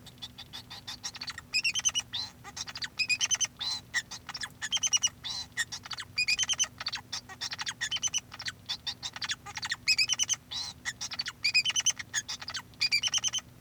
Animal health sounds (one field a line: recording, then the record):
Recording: song of a male Bengalese finch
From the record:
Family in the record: son of father 2